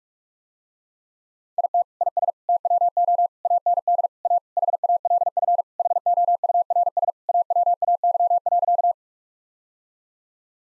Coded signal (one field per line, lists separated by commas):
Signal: Morse code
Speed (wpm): 48 wpm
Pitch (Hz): 700 Hz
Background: none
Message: IT IS TWO AND A HALF HOURS AWAY.